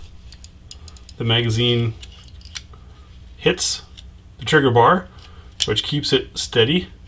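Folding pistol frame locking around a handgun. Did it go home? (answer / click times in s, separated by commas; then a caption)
no / none. A folding pistol frame for a Glock handgun is handled as it is swung around the gun, with small light clicks and ticks in the first second and again around 2.5 seconds while someone talks. Nothing has seated or clicked into its locked position yet.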